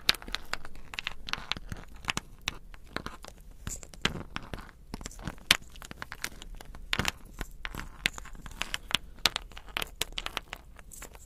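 Crystals, beads and ice are tapped and scratched in dense, irregular clicks and crackles, with sharper bright knocks near four and seven seconds.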